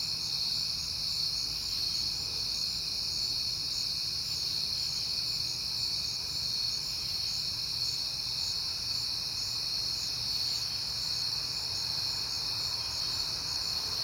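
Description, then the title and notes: Crickets keep up an unbroken high chorus at a few overlapping pitches, with a soft rumble below. Crickets on a peaceful night in September. "Night Time: Crickets and Passing Cars. It is September and I have been hearing the crickets a lot"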